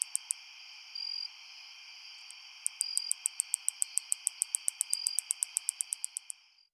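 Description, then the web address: Greater angle-winged katydid giving a run of sharp clicks against a constant high hum that fades out at the end. "Crickets and Katydids. Greater Anglewinged Katydid, Microcentrum rhombifolium"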